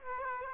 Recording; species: mosquito wingbeat signal from an infrared sensor; Aedes aegypti